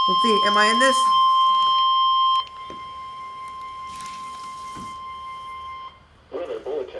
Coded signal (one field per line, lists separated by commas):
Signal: Emergency Alert System (SAME) tones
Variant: 1050 Hz attention tone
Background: speech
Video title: EAS 231 SVR